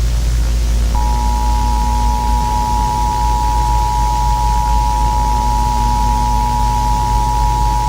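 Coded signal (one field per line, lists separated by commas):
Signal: Emergency Alert System (SAME) tones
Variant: 853 and 960 Hz attention tone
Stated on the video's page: Fictional EAS scenario, simulated.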